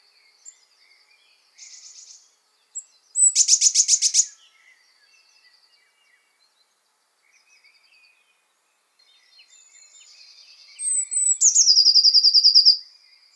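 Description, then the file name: Eurasian blue tit, scattered soft high notes, a loud rapid trill, a long gap, then a whistled note leading into a ringing trill. "Cyanistes caeruleus"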